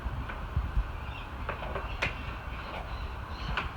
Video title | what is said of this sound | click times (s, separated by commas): How To: Jim's Antennas - Ladder & Gutter Safety for around the home | and it just locks into place. | 2.0 s